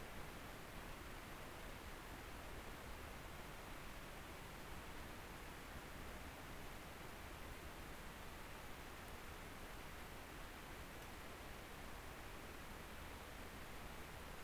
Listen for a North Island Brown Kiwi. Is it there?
no